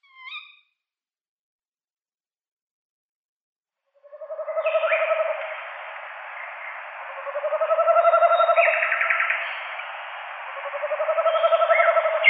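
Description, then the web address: Tawny owl: brief high notes, a pause of about three seconds, then long quavering, tremulous hoots swelling and fading in three waves. Pair display. "Schulze Peter Tawny Owl pair display"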